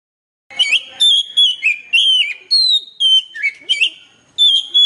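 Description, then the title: Oriental magpie-robin song: bright whistled phrases with quick slurs and sustained notes, varied pitches following one another briskly. "Kacer"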